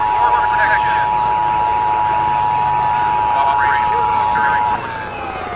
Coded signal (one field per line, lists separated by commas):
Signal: Emergency Alert System (SAME) tones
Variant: 853 and 960 Hz attention tone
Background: speech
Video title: EAS Mock - The Blue Sky Closure Riots